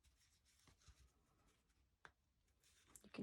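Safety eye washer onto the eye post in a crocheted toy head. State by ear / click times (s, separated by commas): seated / 2.0 s, 3.0 s, 3.1 s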